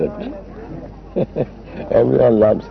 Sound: chuckling

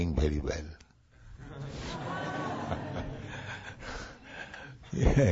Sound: laughs

